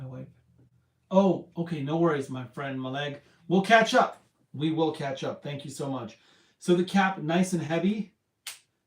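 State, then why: Seated. Someone talks while a heavy cap is put back onto a glass perfume bottle. A sharp tick at 8.5 s is heard as the cap snaps into place on the bottle.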